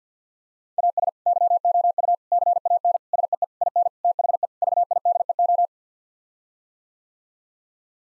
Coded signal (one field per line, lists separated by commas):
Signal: Morse code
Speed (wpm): 50 wpm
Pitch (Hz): 700 Hz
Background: none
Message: AS YOU CAN SEE IN THE VIDEO